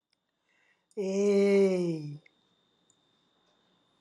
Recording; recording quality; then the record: sustained vowel as in made; excellent, no background noise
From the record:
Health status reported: healthy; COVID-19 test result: not tested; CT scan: not taken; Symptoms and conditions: none ticked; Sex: female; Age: 51 years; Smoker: no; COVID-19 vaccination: both doses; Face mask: not worn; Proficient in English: yes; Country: India